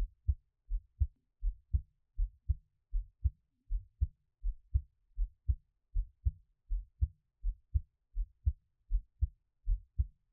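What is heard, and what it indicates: Steady paired low thumps, a clear lub-dub, repeat at about 80 beats a minute against a quiet background with no talking. This is an adult's own heartbeat heard close up, offered as an ASMR piece.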